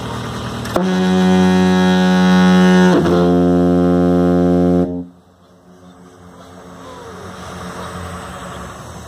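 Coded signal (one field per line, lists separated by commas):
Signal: ship horn signal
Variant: diaphone foghorn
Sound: one deep, loud, reedy foghorn blast of about four seconds, ending abruptly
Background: outdoor wind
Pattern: 1 long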